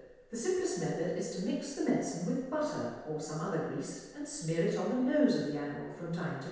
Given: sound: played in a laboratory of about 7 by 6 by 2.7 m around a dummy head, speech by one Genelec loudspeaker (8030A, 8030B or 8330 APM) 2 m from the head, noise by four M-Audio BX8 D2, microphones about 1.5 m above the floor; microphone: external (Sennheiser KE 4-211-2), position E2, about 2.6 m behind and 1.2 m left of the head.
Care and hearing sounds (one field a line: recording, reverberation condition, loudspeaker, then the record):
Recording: female speech in English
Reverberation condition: high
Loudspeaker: 30 degrees to the left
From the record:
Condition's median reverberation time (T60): about 1300 ms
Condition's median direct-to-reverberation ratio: about -4.0 dB